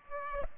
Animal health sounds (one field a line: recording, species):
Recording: mosquito wingbeat signal from an infrared sensor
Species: Culex pipiens